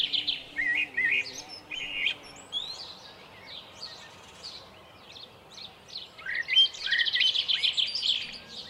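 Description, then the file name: Common blackbird singing whistled phrases with squeaky high notes, amid other birds' chirps and trills. Recorded at Lucenay. "merle lucenay"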